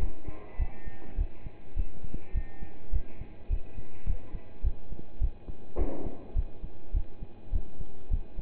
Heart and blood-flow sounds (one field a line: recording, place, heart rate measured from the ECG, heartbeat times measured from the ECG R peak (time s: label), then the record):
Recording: heart sounds by stethoscope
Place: between the tricuspid and mitral areas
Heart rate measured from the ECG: 104 bpm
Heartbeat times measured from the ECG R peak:
0.59 s: heartbeat
1.17 s: heartbeat
1.76 s: heartbeat
2.34 s: heartbeat
2.92 s: heartbeat
3.50 s: heartbeat
4.06 s: heartbeat
4.63 s: heartbeat
5.20 s: heartbeat
5.78 s: heartbeat
6.35 s: heartbeat
6.93 s: heartbeat
7.52 s: heartbeat
8.10 s: heartbeat
From the record:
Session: pedaling a stationary bicycle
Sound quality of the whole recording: partially saturated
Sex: male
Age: 27 years